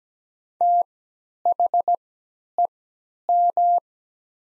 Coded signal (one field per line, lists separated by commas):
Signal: Morse code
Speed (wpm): 17 wpm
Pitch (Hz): 700 Hz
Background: none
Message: THEM